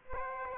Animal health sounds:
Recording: mosquito wingbeat signal from an infrared sensor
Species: Aedes aegypti

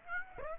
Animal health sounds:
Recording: mosquito wingbeat signal from an infrared sensor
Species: Aedes aegypti

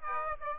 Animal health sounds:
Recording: mosquito wingbeat signal from an infrared sensor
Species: Aedes aegypti

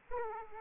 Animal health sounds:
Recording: mosquito wingbeat signal from an infrared sensor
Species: Aedes aegypti

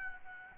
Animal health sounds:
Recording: mosquito wingbeat signal from an infrared sensor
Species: Aedes albopictus

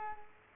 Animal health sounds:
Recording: mosquito wingbeat signal from an infrared sensor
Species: Culex quinquefasciatus

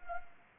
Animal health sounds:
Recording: mosquito wingbeat signal from an infrared sensor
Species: Anopheles arabiensis

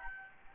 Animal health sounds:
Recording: mosquito wingbeat signal from an infrared sensor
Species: Aedes albopictus

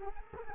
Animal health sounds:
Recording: mosquito wingbeat signal from an infrared sensor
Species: Culex quinquefasciatus

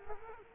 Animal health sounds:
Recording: mosquito wingbeat signal from an infrared sensor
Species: Culex quinquefasciatus

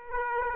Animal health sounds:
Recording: mosquito wingbeat signal from an infrared sensor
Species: Aedes aegypti

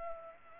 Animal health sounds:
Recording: mosquito wingbeat signal from an infrared sensor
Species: Culex pipiens

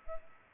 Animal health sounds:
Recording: mosquito wingbeat signal from an infrared sensor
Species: Culex pipiens

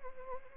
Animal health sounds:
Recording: mosquito wingbeat signal from an infrared sensor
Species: Anopheles arabiensis

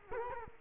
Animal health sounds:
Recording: mosquito wingbeat signal from an infrared sensor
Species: Culex quinquefasciatus

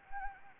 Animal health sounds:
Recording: mosquito wingbeat signal from an infrared sensor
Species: Anopheles gambiae

